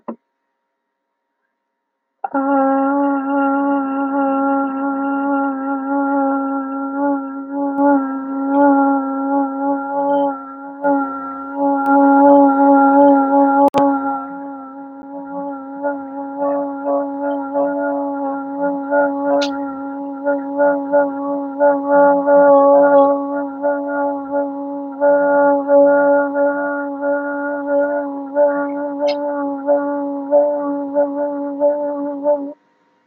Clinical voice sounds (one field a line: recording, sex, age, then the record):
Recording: vowel held as long as possible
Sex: female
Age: 20 to 29 years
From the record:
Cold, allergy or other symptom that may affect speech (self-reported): no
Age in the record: 24 years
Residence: Florida, United States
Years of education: 16